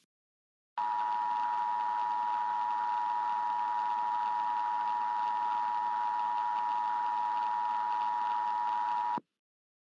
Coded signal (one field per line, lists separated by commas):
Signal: Emergency Alert System (SAME) tones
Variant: 853 and 960 Hz attention tone